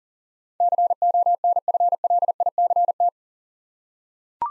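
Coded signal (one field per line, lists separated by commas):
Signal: Morse code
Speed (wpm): 40 wpm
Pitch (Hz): 700 Hz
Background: none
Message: CONFLICT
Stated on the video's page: Morse practice at 40 wpm sending 8-letter words for head-copy, each word sent twice with spoken prompts between.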